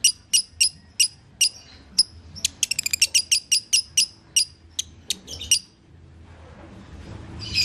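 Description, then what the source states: Lovebird giving spaced shrill chirps, then a quick stuttering run of notes that slows and stops, followed by faint hiss. Masteran (training) track of lovebird in the konslet singing style.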